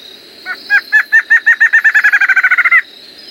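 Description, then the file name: Streak-backed Antshrike singing a run of hollow, evenly pitched notes that start slowly and speed into a rapid, loud series, with a steady high hum behind. Song (canto); Portuguese name choca-de-roraima. "Canto do choca de roraima"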